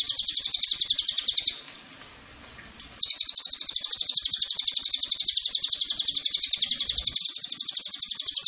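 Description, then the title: Cililin: high pulsed trill of a Cililin, rapid and rattling, broken by a short gap of hiss near the start, then running on unbroken to the end. Used as a lure and tutor (pancingan, masteran) to attract the bird. "MASTERAN SUARA BURUNG CILILIN BISA JUGA PANCINGAN CILILIN"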